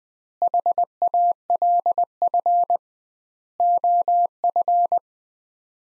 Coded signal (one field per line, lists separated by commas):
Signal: Morse code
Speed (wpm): 20 wpm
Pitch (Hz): 700 Hz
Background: none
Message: HALF OF